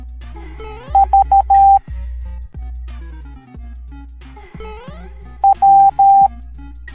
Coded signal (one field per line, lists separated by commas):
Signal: Morse code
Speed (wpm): 13 wpm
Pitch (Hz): 790 Hz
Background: music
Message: V W